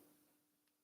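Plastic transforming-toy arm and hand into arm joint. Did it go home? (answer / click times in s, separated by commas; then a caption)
no / none. A plastic transforming-toy arm is brought down and its hand moved toward the arm joint. A faint steady hum fades over the clip, with a soft brief rustle near 0.7 s. Nothing has seated or clicked yet.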